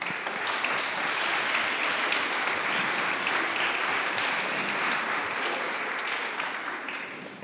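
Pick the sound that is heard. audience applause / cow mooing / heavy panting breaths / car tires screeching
audience applause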